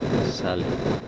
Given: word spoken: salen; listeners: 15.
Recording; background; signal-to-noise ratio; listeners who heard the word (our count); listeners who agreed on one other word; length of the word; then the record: one Spanish word in noise, from a listening test; noise modulated by three-talker babble; -3.8 dB; 0 of 15; 6 of 15; 0.68 s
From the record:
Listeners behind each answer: 6, 5, 1, 1, 1, 1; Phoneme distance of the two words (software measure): 7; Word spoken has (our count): 2 syllables, 5 phonemes, stress on syllable 1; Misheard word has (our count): 2 syllables, 4 phonemes, stress on syllable 1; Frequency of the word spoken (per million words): 30.32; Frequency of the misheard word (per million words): 74.37